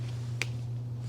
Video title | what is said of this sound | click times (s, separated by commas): SRAM Red XPLR AXS 13 Speed Build with No. 22 Drifter Adventure | You can hear them snap into place. | 0.4 s